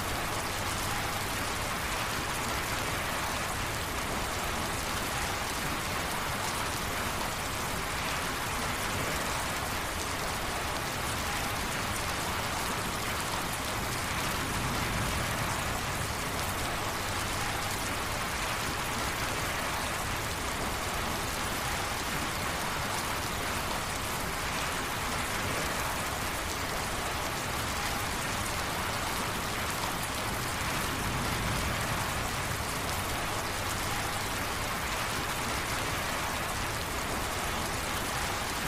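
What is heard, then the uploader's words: Rain pours steadily onto a tin roof, a dense, even hiss of countless drops with a bright metallic patter on top. The level hardly changes across the clip, with faint swells near fifteen and thirty seconds and a low rumble underneath. Light and heavy mix of Rain on a Tin Roof. Focusrite Scarlett 2i2 Audio interface.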